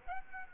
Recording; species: mosquito wingbeat signal from an infrared sensor; Aedes aegypti